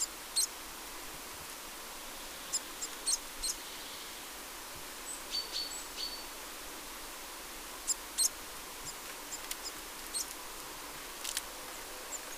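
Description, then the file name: Eurasian blue tit giving thin, very high, short call notes scattered throughout in small irregular bunches, over steady soft background hiss. "Cyanistes caeruleus"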